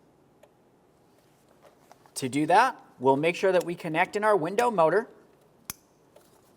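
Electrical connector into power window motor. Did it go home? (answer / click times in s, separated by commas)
yes / 5.7 s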